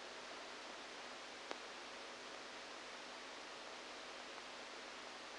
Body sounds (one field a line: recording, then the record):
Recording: brain microelectrode recording played as sound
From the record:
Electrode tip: outside the subthalamic nucleus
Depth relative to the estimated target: -6 mm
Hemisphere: right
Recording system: NeuroSet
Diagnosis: Parkinson's disease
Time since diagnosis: 14 years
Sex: male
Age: 51 years